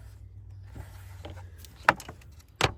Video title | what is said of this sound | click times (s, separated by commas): Pajero Intercooler Complete Installation & Preventative Maintenance Check | Yep. So there you go, guys. So you just need to make sure that that little pin there, again, it's only plastic, just locks in place. | 1.9 s